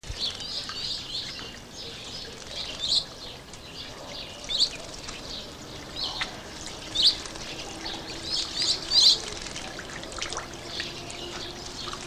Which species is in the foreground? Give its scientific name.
Lamprotornis iris